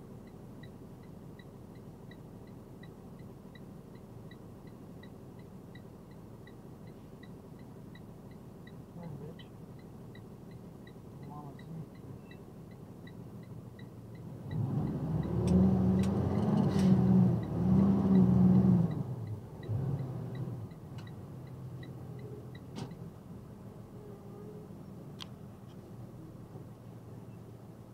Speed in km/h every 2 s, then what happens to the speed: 0, 0, 0, 0, 0, 0, 0, 3, 15, 16, 15, 11, 6, 5.
0-13 standing. 13-17 pulls away to 16. 17-28 slows to 5.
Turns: none.